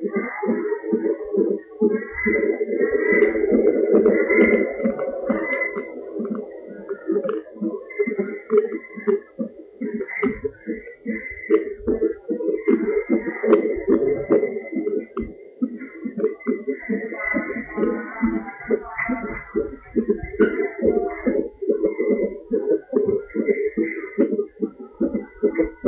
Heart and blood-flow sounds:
fetal heart sounds by stethoscope on the mother's abdomen
0.00-10.00 s: 138 bpm
10.00-20.00 s: 143 bpm
20.00-25.88 s: 145 bpm
From the record:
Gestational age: 39 weeks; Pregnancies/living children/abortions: 2/1/0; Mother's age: 27 years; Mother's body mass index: 27.7

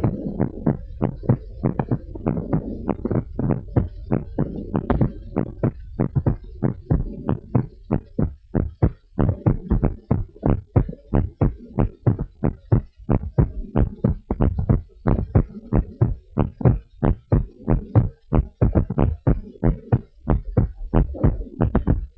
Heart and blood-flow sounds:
heart sounds of a pregnant woman by stethoscope
no fetal heartbeat
From the record:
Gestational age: 40 weeks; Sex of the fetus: girl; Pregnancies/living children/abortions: 1/0/0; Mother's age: 28 years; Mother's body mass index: 30.5

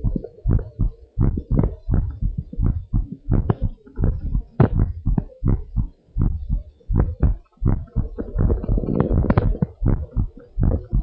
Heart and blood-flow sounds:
heart sounds of a pregnant woman by stethoscope
no fetal heartbeat
From the record:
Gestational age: 30 weeks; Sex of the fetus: boy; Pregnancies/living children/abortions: 2/1/0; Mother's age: 29 years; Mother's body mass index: 31.6

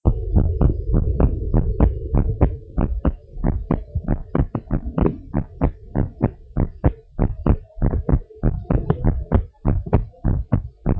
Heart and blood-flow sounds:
heart sounds of a pregnant woman by stethoscope
no fetal heartbeat
From the record:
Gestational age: 36 weeks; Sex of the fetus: boy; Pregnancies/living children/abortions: 2/1/0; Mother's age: 30 years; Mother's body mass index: 37.9

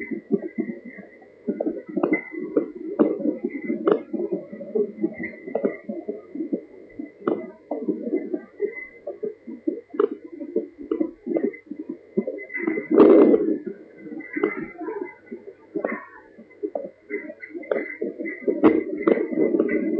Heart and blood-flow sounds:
fetal heart sounds by stethoscope on the mother's abdomen
0.00-10.00 s: 128 bpm
10.00-20.00 s: 123 bpm
From the record:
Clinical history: hypothyroidism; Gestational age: 40 weeks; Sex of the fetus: girl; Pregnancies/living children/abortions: 1/0/0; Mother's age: 25 years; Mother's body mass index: 25.4

